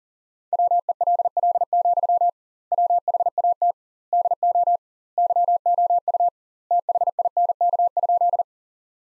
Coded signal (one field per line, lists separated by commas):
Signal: Morse code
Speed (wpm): 38 wpm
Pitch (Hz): 700 Hz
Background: none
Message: WELL, WHAT DO YOU THINK?